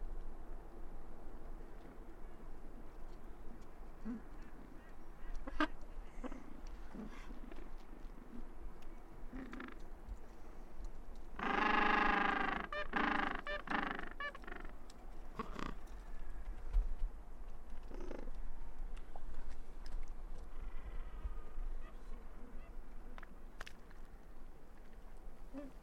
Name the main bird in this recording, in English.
Gentoo Penguin